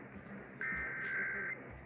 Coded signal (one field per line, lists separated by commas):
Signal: Emergency Alert System (SAME) tones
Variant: header bursts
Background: speech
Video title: THE EASS?? WJR: Yes. EAS Alerts from 10/1/19 - 10/30/19 (EAS #3,366 - 3,388)